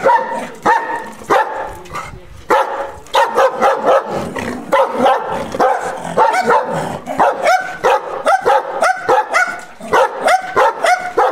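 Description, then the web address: Dog barking incessantly, rapid loud barks tumbling one after another with only a couple of short breaks. Large dog, barking angrily. "cane che abbaia ascoltare arrabbiato grande"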